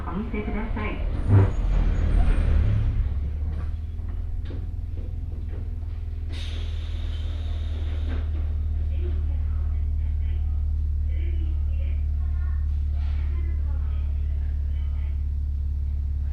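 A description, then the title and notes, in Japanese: Inside a local train, a deep steady rumble settles in after a busy start with voices, a brief hiss near six seconds, and faint chatter. 予想よりも遥かにローカル感の強かった野町駅を出て、終点の剣まで乗車します。額住宅前あたりまでは通勤通学客が乗っていますが、徐々に降りて終点の鶴来までくると数名に。鉄道旅 北陸鉄道石川線 野町→鶴来。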